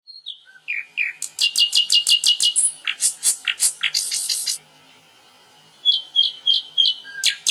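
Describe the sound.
Bird singing a fast series of high notes and buzzy phrases, then a short pause followed by sharp chips.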